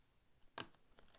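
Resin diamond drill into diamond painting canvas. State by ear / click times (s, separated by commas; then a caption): seated / 0.6 s. A resin diamond drill is filled into a checkerboard gap on a diamond painting canvas and seats with a sharp little click or snap at 0.6 s. Two fainter ticks follow near 1.1 s over a quiet background.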